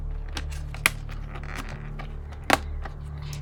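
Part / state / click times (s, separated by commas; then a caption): LED strip end fitting into a plastic model hull part / seated / 0.9 s. On a 1:200 scale R.M.S. Titanic model kit, the end of an LED strip is fed through a square hole and the plastic part is pressed home. A sharp snap at 0.9 s shows it seating into place, with smaller ticks around it and another loud click near 2.5 s over a low steady hum.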